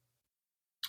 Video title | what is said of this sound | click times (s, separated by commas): EDC: Leatherman Pocket Clip and Lanyard Ring for Charge, Wave & Surge Unboxing and Review | then you let it go and it locks into place. | 0.8 s